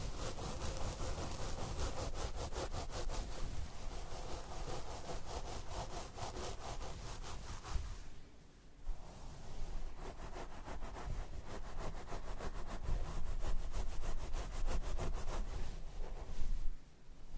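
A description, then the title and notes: Hair brushing and scalp massage: a dense, scratchy rustle made of quick, regular strokes that repeat steadily. The brushing thins out briefly around the eighth second, then returns and grows louder toward the end before a short drop near the finish. Scalp Massage & Hair Brushing.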